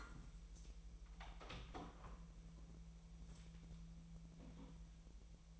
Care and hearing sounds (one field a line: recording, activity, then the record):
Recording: daily activity, microphone in the room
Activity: open door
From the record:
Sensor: 1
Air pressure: 1001.5 hPa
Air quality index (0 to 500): 250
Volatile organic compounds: 130 ppm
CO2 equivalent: 3926 ppm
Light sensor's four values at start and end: 12/29/12/13 and 11/26/11/11